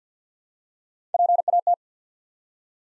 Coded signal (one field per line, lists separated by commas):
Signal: Morse code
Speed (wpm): 50 wpm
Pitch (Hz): 700 Hz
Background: none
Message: PAT